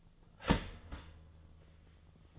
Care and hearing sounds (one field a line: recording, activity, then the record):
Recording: daily activity, microphone in the room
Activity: start toaster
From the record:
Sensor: 4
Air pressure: 1010.1 hPa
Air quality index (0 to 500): 180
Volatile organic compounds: 5 ppm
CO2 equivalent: 1822 ppm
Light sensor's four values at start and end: 21/64/25/24 and 20/63/24/23